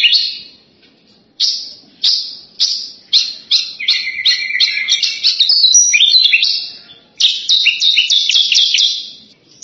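Horsfield's bush lark song: sharp high chirps at intervals, then a rapid run of varied twittering and buzzy notes, ending in a quick repeated trill.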